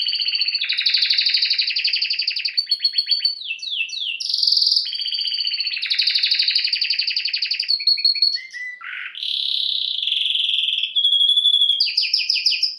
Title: Esquente Seu Filhote E Canario Belga Em 30 Minutos Macho Cantando Muito